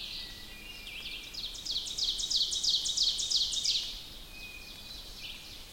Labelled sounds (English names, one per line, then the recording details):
Ovenbird song
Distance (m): 50 m
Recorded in boreal forest in Alberta, Canada, on 2 June 2016 at 05:52
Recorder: SongMeter 3, array SBT-3-7
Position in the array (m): -5 m, 88 m
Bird 7